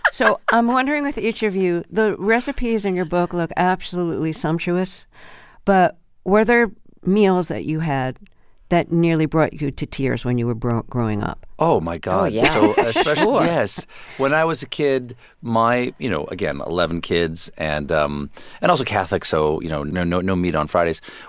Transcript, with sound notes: So I'm wondering, with each of you, the recipes in your book look absolutely sumptuous, but were there meals that you had that nearly brought you to tears when you were growing up?
Oh, my God.
Oh, yeah. Sure.
(Laughter).
Yes. When I was a kid, my - you know, again, 11 kids. And also Catholic, so, you know, no meat on Fridays.